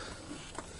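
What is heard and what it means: A plastic oil filler cap is being put back on an engine's valve cover filler neck and twisted after the engine has been filled with oil. Over steady background noise, a brief sharp handling tap sounds at 0.6 s. The cap has not seated or clicked shut yet.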